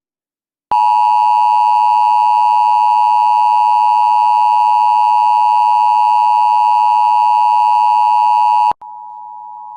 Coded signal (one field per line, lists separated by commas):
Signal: Emergency Alert System (SAME) tones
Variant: 853 and 960 Hz attention tone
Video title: [EAS #8] Flash Flood Warning (NJTV)